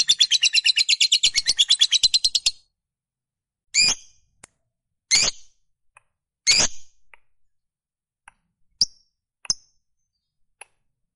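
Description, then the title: Lovebird call: the end of a fast buzzy chatter, then three harsh screeches over a few seconds and some short high chirps. Fighter-type lovebird giving a long chattering call (ngekek panjang). "Begitu Dengar Suara Lovebird FIGHTER NGEKEK PANJANG"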